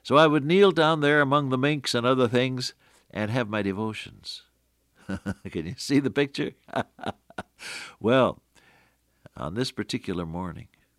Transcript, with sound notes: So I would kneel down there amongst the minks and other things, and have my devotions. [chuckle] Can you see the picture? [chuckle] Well, on this particular morning